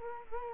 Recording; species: mosquito wingbeat signal from an infrared sensor; Culex quinquefasciatus